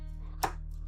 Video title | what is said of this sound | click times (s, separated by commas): Nemesis Reviews Transformers Adamas Machina AM-T02 Predaking | This just goes over top of this thing it'll lock into place. | 0.4 s